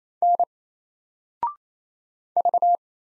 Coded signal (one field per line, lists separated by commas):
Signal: Morse code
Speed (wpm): 27 wpm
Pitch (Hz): 700 Hz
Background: none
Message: N V